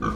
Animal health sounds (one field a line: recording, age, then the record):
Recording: pig call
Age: growing-finishing pig (85 days or more)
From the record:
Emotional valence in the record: negative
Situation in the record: barren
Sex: female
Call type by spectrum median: low-frequency call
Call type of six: low-frequency tonal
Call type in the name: low-frequency modulated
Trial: 3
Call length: 0.16 s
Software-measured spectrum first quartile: 206 Hz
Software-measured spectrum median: 611 Hz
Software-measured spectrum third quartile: 1242 Hz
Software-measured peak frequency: 215 Hz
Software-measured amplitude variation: 100 dB a second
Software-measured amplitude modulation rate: 18.6 a second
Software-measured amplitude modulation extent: 5.4 dB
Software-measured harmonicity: 1.0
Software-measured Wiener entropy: -1.50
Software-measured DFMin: 976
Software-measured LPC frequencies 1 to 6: 259, 1184, 2388, 3227, 3972, 4595 Hz